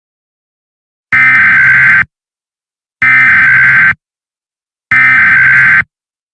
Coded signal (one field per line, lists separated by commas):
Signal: Emergency Alert System (SAME) tones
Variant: header bursts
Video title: EAS Scenario #1: Tornado Trouble (old)